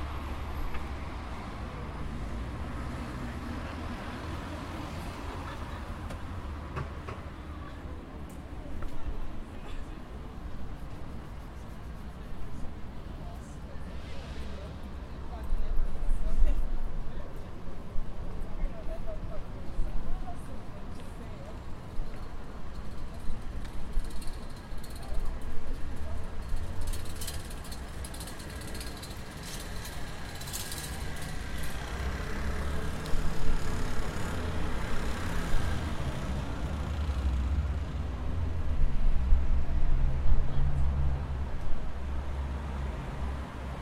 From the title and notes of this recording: On Lane 5 of the Padua Bus Station, I am waiting for the bus to Arre, a small village of the lower Padua area where my parents live and where I grew up. The Bus Station is adjacent to the Railway Station.